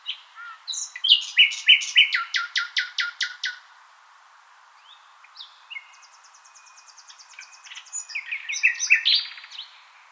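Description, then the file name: Common nightingale song: loud repeated strokes in a fast series, a quiet gap with a thin high trill, then a varied jumble of chirps and whistles. "Luscinia megarhynchos"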